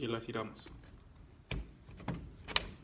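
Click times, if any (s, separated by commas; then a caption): 2.6 s. Someone talks while the plastic spool cap of a Homelite string trimmer head is pressed in and twisted, with a couple of handling knocks around 1.5 and 2.1 seconds. A sharp click at 2.6 seconds marks the cap locking into place, the sound it makes when it goes in properly, so the cap is seated.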